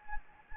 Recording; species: mosquito wingbeat signal from an infrared sensor; Anopheles gambiae